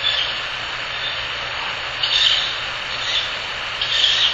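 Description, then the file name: Ural Owl chick giving a few rough hissing bursts at uneven intervals, set against steady background noise. Owl chick (owlet). "フクロウ雛 遠藤"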